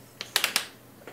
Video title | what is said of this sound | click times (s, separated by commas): When to use Prosthetic Socks | and it took the patient a little bit of a struggle to put the prosthesis on and achieve two to three clicks | 0.4 s, 0.6 s